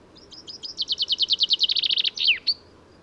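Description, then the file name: Common chaffinch song: a high, accelerating series of sweet notes running into a fast, descending trill that ends in a sharp, emphatic flourish, over faint low background hiss. "Fringilla coelebs"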